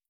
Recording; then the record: hydrophone in a shrimp aquaculture tank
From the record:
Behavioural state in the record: stressed